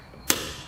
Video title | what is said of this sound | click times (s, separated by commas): Buy This Torque Wrench Set (1/2" , 3/8" , 1/4") - SUZUME 3 PCS TORQUE WRENCH | So, you heard that click and the socket did not move. | 0.3 s